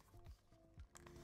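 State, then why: Not seated. Someone pushes on the locking mechanism of a Ubiquiti G5 Turret Ultra security camera mount after setting the camera to a 45° angle, producing low handling thumps and rubbing over a steady tonal hum, with brief sharp ticks near 1.0 and 1.1 seconds. The mount is still being handled and nothing has seated or clicked yet.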